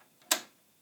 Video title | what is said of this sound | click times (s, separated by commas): How to Thread the Ovation Serger Page 19 | you hear that that's how I know see it's securely positioned in the pre tension unit then | 0.3 s